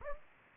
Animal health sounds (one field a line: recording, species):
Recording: mosquito wingbeat signal from an infrared sensor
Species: Anopheles gambiae